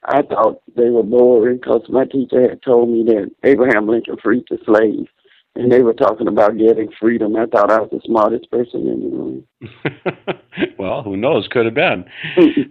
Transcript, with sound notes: I thought they were boring because my teacher had told me that Abraham Lincoln freaked the slaves. And they were talking about getting freedom. I thought I was the smartest person in the room. (laughing) - Well, who knows, could have been.